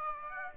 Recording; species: mosquito wingbeat signal from an infrared sensor; Aedes aegypti